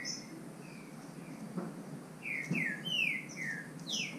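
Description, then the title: Green-winged saltator: after a quiet start, five or six loud downslurred whistles follow in quick succession over a hissing background. Bird named Nicão, in the bush, competing in song with a free-living bird. "Trinca Ferro NICÃ O No Mato Disputando Com Solto"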